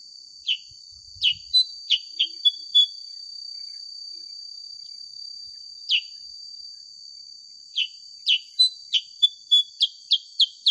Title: Masteran Kutilang Sutra. SUARA ASLI KUTILANG SUTRA COCOK UNTUK PANCINGAN